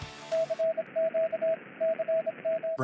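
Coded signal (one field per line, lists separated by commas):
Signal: Morse code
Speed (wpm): 26 wpm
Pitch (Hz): 650 Hz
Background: radio noise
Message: CQCM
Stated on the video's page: Live HF stream with contests and Parks on the Air hunting, on a FlexRadio FLEX-8600 at 100W with a DX Commander vertical.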